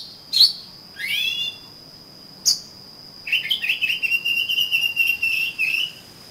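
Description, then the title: Oriental magpie-robin: a sharp note, a slurred whistle, another sharp note, then a long rapid warbling whistle lasting about three seconds, with a steady high tone behind. "Kacer Kacer"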